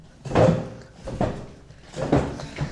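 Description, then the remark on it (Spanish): A seated person shifts and adjusts their chair to sit more comfortably, in a few bursts of scraping and thumping, with uneven pauses between the rough, fairly loud movements and no talking. “¿Por qué no te pones la silla bien para estar más cómodo?”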